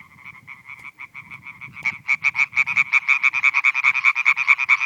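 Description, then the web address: European tree frog croaking: quieter rapid notes at first, then a louder, fast, rattling series of sharp calls from two seconds on, with a faint low rumble underneath. Several tree frogs. "Viltansou Rainettes. la rainette verte"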